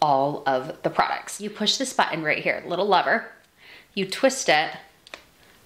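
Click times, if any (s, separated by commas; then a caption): 5.1 s. A woman talks while pressing the release button and little lever on the hinged wand of a Shark FlexStyle hair styler and twisting its plastic body into hair-dryer position. Two quick, sharp clicks at 5.1 s and 5.1 s mark the wand hinge locking into dryer mode, so it is seated.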